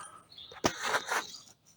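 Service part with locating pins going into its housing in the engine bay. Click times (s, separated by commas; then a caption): 0.7 s. A service part with small locating pins is inserted into its housing under the bonnet of a Peugeot 2008 HDi diesel car, given a half rotation, then rotated down. Faint scraping and handling noise gives way to a sharp click at 0.7 s as the pins pop into place, followed by brief rustling. The part is seated and held in place by its pins.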